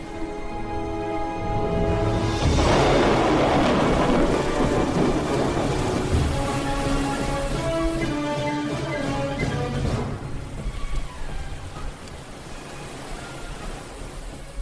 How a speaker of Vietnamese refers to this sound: Chiều đến, mây đen phủ kín bầu trời, sấm sét nổi lên.